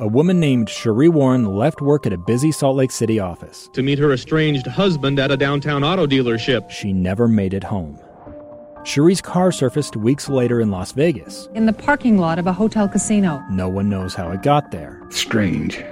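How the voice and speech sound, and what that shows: Clear, fluent adult male narration at a steady, measured pace, with ordinary pitch variation and brief pauses between sentences. Articulation and voice quality are normal, with no sign of a speech or voice disorder. Faint background music underlies the reading.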